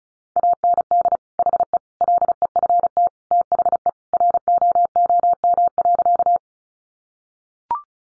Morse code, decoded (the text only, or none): AND HE LEFT THE ROOM.